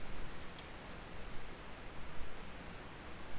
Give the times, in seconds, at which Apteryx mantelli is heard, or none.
none